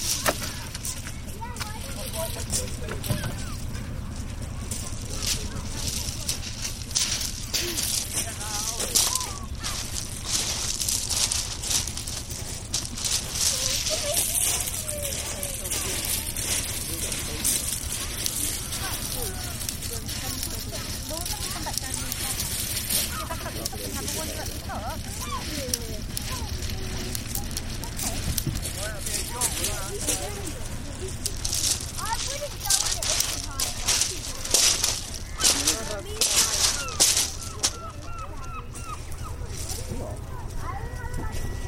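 Voices chatter outdoors in a seaside village, with a low steady rumble beneath, scattered clicks and bursts of hiss, busier near the end.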